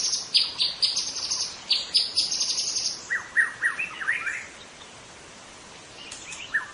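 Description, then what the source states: White-rumped shama song: a bright high run of notes near the top, then repeated slurred whistles in a middle pitch, several per second, before a quiet end. Wild bird in forest; local name murai batu hutan.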